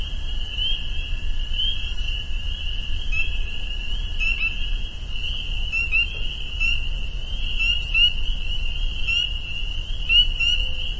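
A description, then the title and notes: Spring peepers call from the pond in a dense, steady chorus, a continuous high, bright trill running through the whole recording. Short sharp peeps stand out from it every second or two, most clearly around four, six, eight and ten seconds, over a low rumble. Peepers. A soundscape recorded at the peeper pond on our friends' property in northern Vermont.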